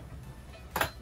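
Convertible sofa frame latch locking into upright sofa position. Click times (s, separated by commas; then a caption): 0.8 s. A convertible sectional sofa is folded back from bed to sofa position, and its frame latch locks into the upright sofa position. Over a low background hum, a sharp click lands at 0.8 s, followed by a second brighter click at 0.8 s. The mechanism is seated and the sofa is back in place.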